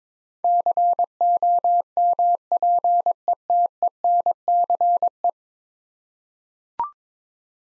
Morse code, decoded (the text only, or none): COMPETENCE